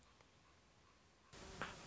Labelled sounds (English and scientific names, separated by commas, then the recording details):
Common Raven (Corvus corax)
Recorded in Sonoma County, California